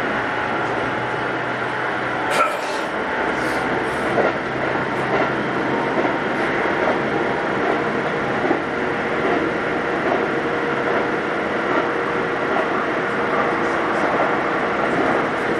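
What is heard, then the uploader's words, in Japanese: Recorded aboard an aluminum-bodied commuter train in motion: a steady, dense rumble of wheels and running noise fills the whole clip. A faint, even motor whine sits above it, and brief knocks and clatters from the rails break through around two and four seconds and occasionally after. 京急新1000形(アルミ車) 横浜〜三崎口。車体はアルミニウム合金製。VVVFインバータ制御装置は、1・2次車では2100形と同じくGTOサイリスタ素子によるドイツ・SIEMENS社製を採用、3～5次車では同じシーメンス社製であるが、使用素子はIGBTに変更され、純電気ブレーキも搭載。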